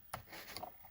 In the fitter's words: almost in place and I'm gonna just squeeze it into the connection till it clicks